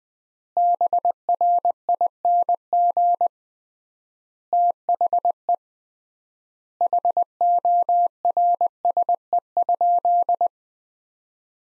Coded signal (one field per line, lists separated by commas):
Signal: Morse code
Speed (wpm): 20 wpm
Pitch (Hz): 700 Hz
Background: none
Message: BRING THE HORSE?